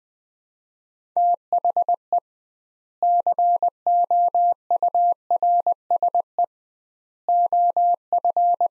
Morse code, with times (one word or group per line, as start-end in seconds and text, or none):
1.2-2.2 THE
3.0-6.4 COURSE
7.3-8.7 OF